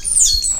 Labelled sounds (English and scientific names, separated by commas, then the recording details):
Stitchbird (Notiomystis cincta) song
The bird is a male
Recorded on Tiritiri Matangi Island, New Zealand, in 2005
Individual 17, of nest box 25